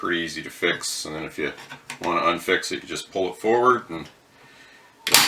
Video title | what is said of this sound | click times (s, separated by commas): SKS - Canada's Favorite Surplus Rifle? | And then if you want to unfix it, you just pull it forward and it snaps back into place. | 5.1 s